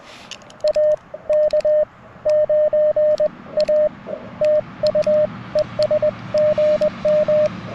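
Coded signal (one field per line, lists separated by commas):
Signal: Morse code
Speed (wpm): 20 wpm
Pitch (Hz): 590 Hz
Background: radio noise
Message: AK9A TU ES GM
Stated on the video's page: QRP CW Parks on the Air activation with a Mountain Topper MTR4B and BaMaKeY paddles, rough band conditions, weaker signals than normal.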